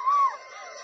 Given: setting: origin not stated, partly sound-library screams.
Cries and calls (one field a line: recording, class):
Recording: one-second piece from a danger detection set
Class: woman in danger